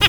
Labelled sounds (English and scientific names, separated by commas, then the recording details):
Zebra Finch (Taeniopygia guttata) hat call
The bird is a male
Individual mal8